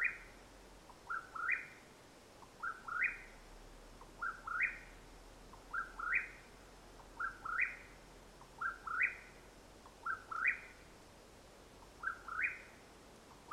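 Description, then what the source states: Mexican whip-poor-will giving a steady series of rolling, upward-stepping phrases, each with a brief low intro note, nine repeats at an even pace. Call at nightfall in Madera Canyon, Arizona, USA, 21 April 2022.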